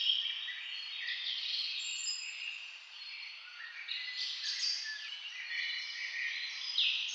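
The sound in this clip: Constant overlapping bird chirps and trills form a busy high chorus, dipping briefly in loudness midway.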